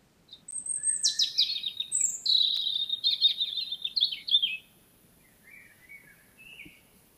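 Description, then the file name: European robin song: a high note drops into a rapid, warbling, descending run, followed by soft, wavering quieter notes. "Erithacus rubecula"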